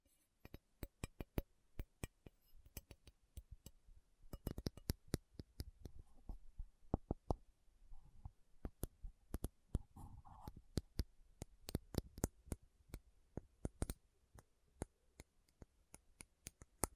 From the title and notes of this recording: ASMR Sleepy Slow Tapping Metal Sounds (No Talking).